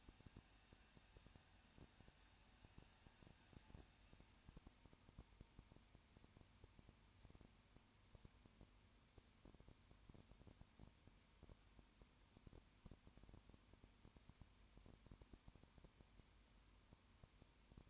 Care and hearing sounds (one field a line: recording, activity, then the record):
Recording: daily activity, microphone in the room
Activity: no activity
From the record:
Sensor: 2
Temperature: 20.8 degrees Celsius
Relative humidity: 38.3%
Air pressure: 1010.4 hPa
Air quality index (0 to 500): 200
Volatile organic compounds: 19 ppm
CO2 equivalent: 2654 ppm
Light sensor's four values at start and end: 2/3/2/2 and 2/3/2/2